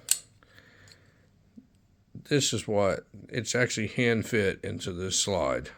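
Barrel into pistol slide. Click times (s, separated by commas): 0.1 s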